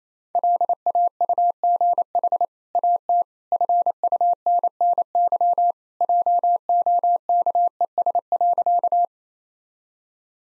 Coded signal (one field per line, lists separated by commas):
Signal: Morse code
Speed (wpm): 27 wpm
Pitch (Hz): 700 Hz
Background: none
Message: LAUGH AT FUNNY JOKES.